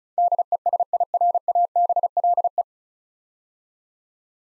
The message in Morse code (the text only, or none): DESIRABLE